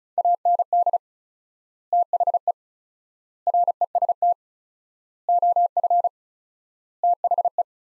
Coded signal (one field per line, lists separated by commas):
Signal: Morse code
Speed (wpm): 34 wpm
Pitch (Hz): 700 Hz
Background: none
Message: AND THE REST OF THE